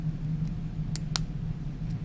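A closed tray impression coping is rotated and pushed onto a dental implant until its hex lines up with the implant's hex, over a steady low hum. Two sharp clicks sound at 1.0 s and 1.2 s, the second louder, as the coping pops into place and seats on the implant.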